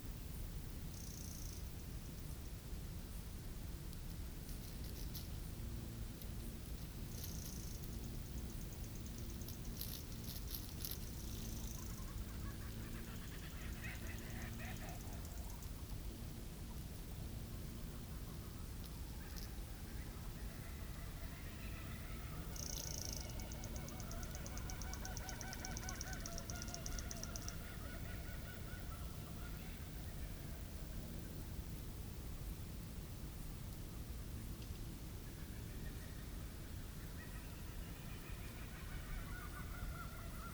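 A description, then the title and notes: A summer night in the bush, with a dense, steady hum of cicadas and crickets filling the background throughout. Birds call over it in bursts, with bright chattering phrases around the first fifteen seconds and again from about twenty-two to twenty-eight seconds. It's a summers night in the bush on Ngarigo land. The summer hum of cicadas and crickets.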